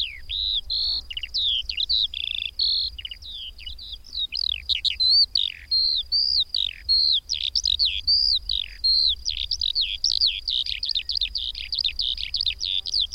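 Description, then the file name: Eurasian skylark singing a long, breathless run of high twittering notes, short trills and slurred chirps that pour on without a break. "Mezei pacsirta"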